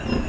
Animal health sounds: contact call of a hoofed animal; wild boar; grunt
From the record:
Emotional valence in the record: positive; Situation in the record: food anticipation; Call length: 0.29 s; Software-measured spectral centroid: 1630 Hz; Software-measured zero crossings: 1400 a second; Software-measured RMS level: -24 dBFS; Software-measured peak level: -12 dBFS

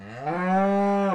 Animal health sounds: contact call of a hoofed animal; cattle; low-frequency (closed-mouth) or high-frequency (open-mouth) call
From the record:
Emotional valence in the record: negative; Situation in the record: full separation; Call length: 1.15 s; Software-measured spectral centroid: 1330 Hz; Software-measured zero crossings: 1250 a second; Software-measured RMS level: -23 dBFS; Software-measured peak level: -13 dBFS

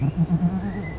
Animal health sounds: contact call of a hoofed animal; goat; low-frequency (closed-mouth) or high-frequency (open-mouth) call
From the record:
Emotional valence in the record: negative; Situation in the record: short social isolation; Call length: 0.99 s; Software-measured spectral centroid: 960 Hz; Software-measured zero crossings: 620 a second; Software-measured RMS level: -23 dBFS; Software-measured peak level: -11 dBFS

